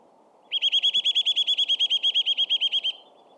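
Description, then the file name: Eurasian nuthatch giving a fast trill of many clear, upward-curving piping notes at a steady pace, with faint background noise throughout. "Sitta europaea"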